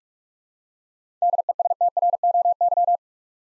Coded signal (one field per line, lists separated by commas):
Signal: Morse code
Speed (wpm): 46 wpm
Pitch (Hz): 700 Hz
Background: none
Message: DESTROY